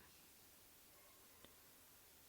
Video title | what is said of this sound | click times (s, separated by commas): Lenovo A850 Disassembly | वो भी lock हो गया। | 1.4 s